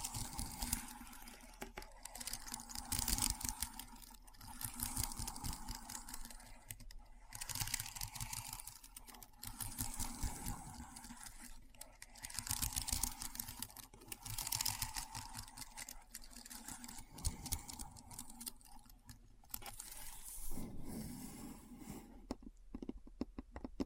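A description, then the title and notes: Keyboard typing runs almost the whole time as a dense, fast patter of small clicks, coming in bursts with brief pauses every few seconds. The keystrokes sound crisp and bright over a low hollow thump. Near the end the typing thins and stops. ASMR Keyboard Sounds (No Talking).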